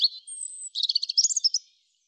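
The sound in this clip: European robin song: a short high note, a thin drawn-out whistle, then a quick run of sparkling, tumbling notes that fade out; no other sounds.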